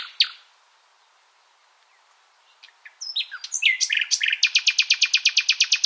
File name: Luscinia megarhynchos